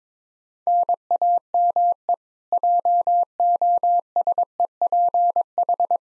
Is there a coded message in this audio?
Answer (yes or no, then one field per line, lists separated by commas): yes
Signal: Morse code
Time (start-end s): 0.7-6.0 s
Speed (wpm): 22 wpm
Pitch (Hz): 700 Hz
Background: none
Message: NAME JOSEPH